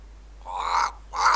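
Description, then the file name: Cape crow giving two harsh, rasping caws, the second starting just after a brief pause. "Black Crow (Corvus capensis)"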